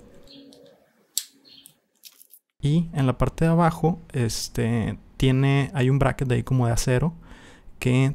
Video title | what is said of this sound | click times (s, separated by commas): Instalando sensor de oxigeno en Honda Accord 2003-2007 [ Codigo P2247 ] | que esté conectado hasta el fondo hasta el fondo tienen que escuchar un clic fuerte | 1.2 s